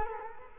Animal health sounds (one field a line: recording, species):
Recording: mosquito wingbeat signal from an infrared sensor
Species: Culex quinquefasciatus